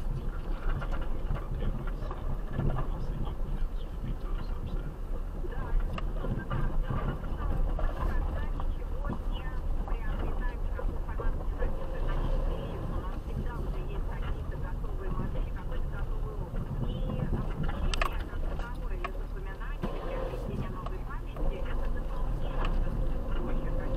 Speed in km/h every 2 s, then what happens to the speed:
7, 7, 5, 6, 9, 10, 11, 13, 11, 6, 5, 6.
0-6 steady at about 6. 6-14 speeds up to 13. 14-19 slows to 5.